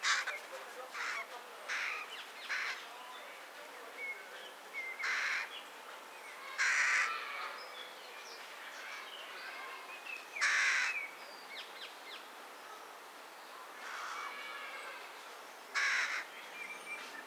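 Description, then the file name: Carrion crow hoarse caws scattered at irregular intervals, some loud and some faint, over steady background noise. "Corvus corone"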